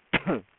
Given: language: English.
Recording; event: throat vibration sensor signal played as sound; cough